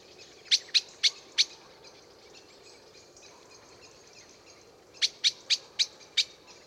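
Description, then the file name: Eurasian blackbird sounding loud, dry chink calls, a run of four followed after a pause by five in quick succession, light background noise. "Turdus merula"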